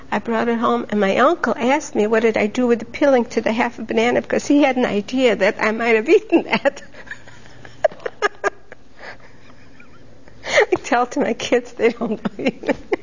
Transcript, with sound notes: I brought it home, and my uncle asked me what did I do with the peeling, to the half a banana. Because he had an idea that I might have eaten that. ( she laughs ) I tell to my kids. They don't believe me.